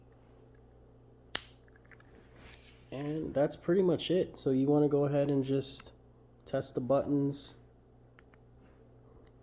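During a battery replacement on an Audi S4 key fob, the second part of the fob housing is given a little push onto the fob and snaps home with one loud, sharp snap at 1.4 seconds. A few faint ticks follow, then someone talks, with the housing part seated.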